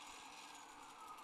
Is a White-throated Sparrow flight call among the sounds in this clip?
no